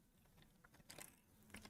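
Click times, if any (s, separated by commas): none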